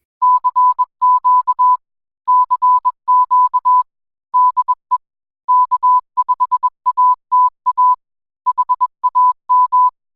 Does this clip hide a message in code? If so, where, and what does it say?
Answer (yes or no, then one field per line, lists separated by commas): yes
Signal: Morse code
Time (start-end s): 0.2-9.9 s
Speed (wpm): 21 wpm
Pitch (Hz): 1000 Hz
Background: none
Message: CQ CQ DE K5ATA HAM